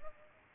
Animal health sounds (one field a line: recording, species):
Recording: mosquito wingbeat signal from an infrared sensor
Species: Culex pipiens